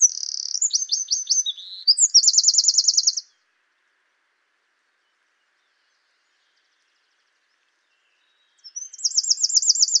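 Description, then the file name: Eurasian wren song, a loud high-pitched run of fast buzzy trills and sharp notes, stopping after three seconds, then starting again near the end. "Troglodytes troglodytes"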